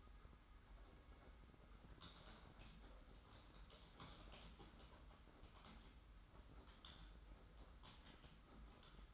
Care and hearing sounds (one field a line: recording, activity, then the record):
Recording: daily activity, microphone in the room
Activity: typing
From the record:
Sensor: 3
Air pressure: 991.7 hPa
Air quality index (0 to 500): 187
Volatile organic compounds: 1000 ppm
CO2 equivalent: 6277 ppm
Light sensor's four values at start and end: 33/95/39/33 and 33/95/39/33